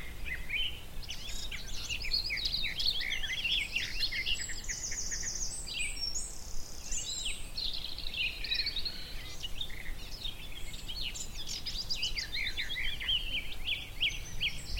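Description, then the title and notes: Garden warbler song: a hurried, bubbling warble of mixed fluty and buzzy notes, sustained throughout over steady low background noise. Male, singing fluted song in spring on a scrubby hillside with hawthorns in bloom; migrant species; song described as rather frenetic. "the little-known song of the garden warbler. by Fergus Collins"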